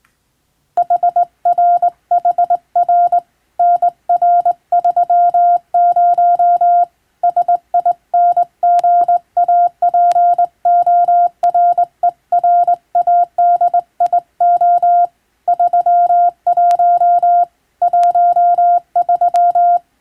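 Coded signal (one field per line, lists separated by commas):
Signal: Morse code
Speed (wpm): 21 wpm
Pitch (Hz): 700 Hz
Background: none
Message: HRHR NR30 SINGAPORERADIO 31 13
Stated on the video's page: Hand-keyed Morse practice from a marine radiotelegraph operator, sending telegram texts as receiving training.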